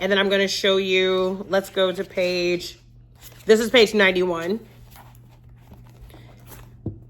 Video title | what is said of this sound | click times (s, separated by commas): Ovesmusl Magnetic Leather Bookmarks Review | And it did not snap. | none